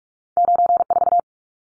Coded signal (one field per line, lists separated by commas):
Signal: Morse code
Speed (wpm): 44 wpm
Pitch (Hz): 700 Hz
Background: none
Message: 94